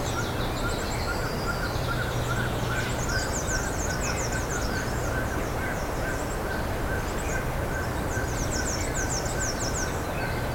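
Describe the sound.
Birds calling in bursts of rapid high chirps, dropping in pitch, throughout; constant low hum and faint steady tone behind.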